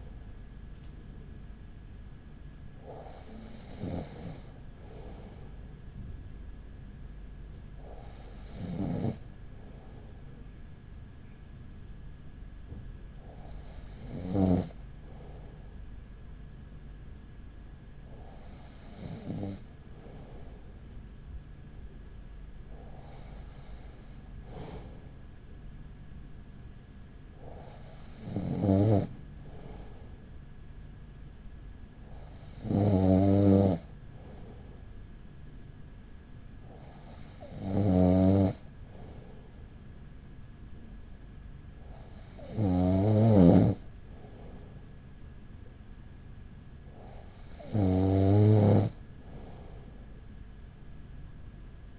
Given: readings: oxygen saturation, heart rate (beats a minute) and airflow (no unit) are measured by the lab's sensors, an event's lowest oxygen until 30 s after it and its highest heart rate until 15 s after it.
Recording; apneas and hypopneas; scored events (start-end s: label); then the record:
breathing in sleep by a smartphone at the bedside; none
none scored
From the record:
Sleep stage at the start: N2 (light sleep); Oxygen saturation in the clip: 95%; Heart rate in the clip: 38 to 43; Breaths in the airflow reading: 10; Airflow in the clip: -5.1 to 4.9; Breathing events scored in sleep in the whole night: 207 in 7.6 hours asleep